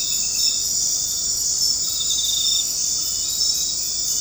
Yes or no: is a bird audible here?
no